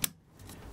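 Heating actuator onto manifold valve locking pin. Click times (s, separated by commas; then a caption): 0.0 s. An underfloor heating actuator is pressed onto the locking pin (adapter) of a manifold valve and snaps on with a sharp, bright click at 0.0 s. Softer, low-level rustling and handling noise follow. The actuator is seated and mounted solidly on the pin.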